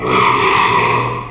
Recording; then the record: squeal of a Yucatan mini pig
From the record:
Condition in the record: after surgery on the right vocal fold (resection and tissue-engineered implant); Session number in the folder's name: 1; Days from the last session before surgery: 6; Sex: male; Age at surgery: 12 weeks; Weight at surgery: 13 kg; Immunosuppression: cyclosporine, prednisolone